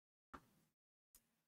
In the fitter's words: You just push down on these little towers and you'll hear it click.